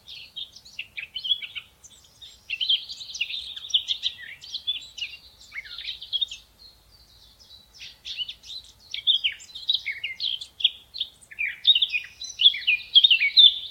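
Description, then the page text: Eurasian blackcap song: fast, varied warbling phrases of chirps and clear whistles, several bursts with short pauses between them, over a quiet background. "Eurasian Blackcap Song,Munk Sang,Черноголовая славка. knut the bird nerd"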